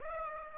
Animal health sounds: mosquito wingbeat signal from an infrared sensor; Aedes aegypti

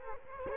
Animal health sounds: mosquito wingbeat signal from an infrared sensor; Culex quinquefasciatus

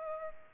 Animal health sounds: mosquito wingbeat signal from an infrared sensor; Culex pipiens

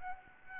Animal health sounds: mosquito wingbeat signal from an infrared sensor; Aedes albopictus

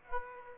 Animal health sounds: mosquito wingbeat signal from an infrared sensor; Aedes aegypti

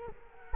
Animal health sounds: mosquito wingbeat signal from an infrared sensor; Culex quinquefasciatus

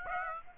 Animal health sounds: mosquito wingbeat signal from an infrared sensor; Aedes aegypti

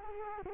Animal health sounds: mosquito wingbeat signal from an infrared sensor; Culex quinquefasciatus

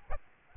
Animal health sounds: mosquito wingbeat signal from an infrared sensor; Aedes albopictus

